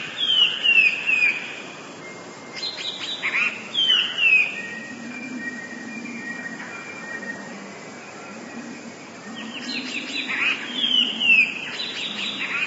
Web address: wroblowe teka 2 spiew 28. modraszkoteka